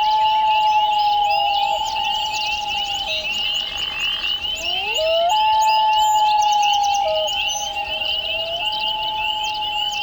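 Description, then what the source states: Loon calling with sustained mellow wails broken by abrupt pitch jumps and slides, set against a constant high trilling chorus of frogs or insects. Recorded at Echo Pond in the Adirondacks; described as ethereal and one of the most haunting sounds on the planet.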